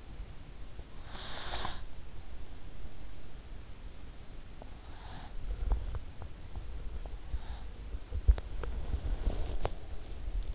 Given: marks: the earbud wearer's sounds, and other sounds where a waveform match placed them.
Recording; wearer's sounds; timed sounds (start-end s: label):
sounds in sleep by an in-ear microphone; breath, body movement, teeth grinding
0.81-2.45 s: breath
4.87-5.61 s: breath
5.50-10.54 s: body movement
5.65-7.10 s: teeth grinding
7.17-7.88 s: breath
8.06-9.81 s: teeth grinding